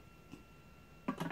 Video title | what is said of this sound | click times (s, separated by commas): My AO.com review of the Vax Power Stretch Pet hoover | make sure you hear it click | 1.1 s